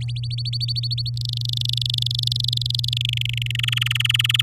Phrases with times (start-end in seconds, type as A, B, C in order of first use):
0.01-1.10 A, 1.17-2.98 B, 3.01-3.56 C, 3.59-4.42 D